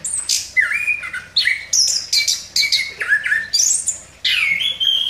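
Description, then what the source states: Orange-headed thrush song, a rapid run of varied whistled and buzzy phrases, some sliding down, others rising, with brief pauses between bursts throughout. Indonesian name anis kembang; described as gacor, singing vigorously and continuously.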